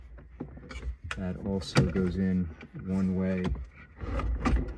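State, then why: Seated. The plastic connector for the hazard light switch on a 2014 Honda CR-V is pushed into its mating OEM wiring connector in the dash; it goes in only one way. Someone talks while small plastic handling sounds tick in the background. A sharp click at 4.5 s confirms the connector is seated.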